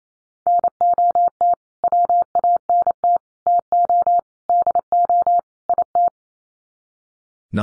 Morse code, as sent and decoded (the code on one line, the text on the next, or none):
-. --- - / .-- .- -. - / - --- / -.. --- / .. -
NOT WANT TO DO IT